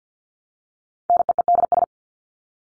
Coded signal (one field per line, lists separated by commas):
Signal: Morse code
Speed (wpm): 48 wpm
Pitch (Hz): 700 Hz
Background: none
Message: NEEDS